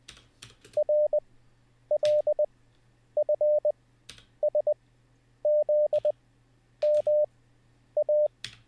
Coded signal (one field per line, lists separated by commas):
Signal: Morse code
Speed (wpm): 20 wpm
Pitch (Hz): 600 Hz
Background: none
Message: RLFSZMA